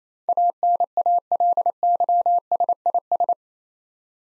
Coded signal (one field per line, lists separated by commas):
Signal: Morse code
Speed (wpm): 27 wpm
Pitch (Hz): 700 Hz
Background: none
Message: ANALYSIS